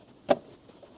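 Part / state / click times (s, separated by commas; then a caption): glovebox light housing into the glovebox trim opening / seated / 0.3 s. On a Dodge Charger R/T HEMI 5.7, after a new LED bulb is fitted, the glovebox light and switch housing is pushed downward from the inside back into its opening in the plastic glovebox trim. One sharp, brief click sounds at 0.3 s against a quiet background. The housing seats in place.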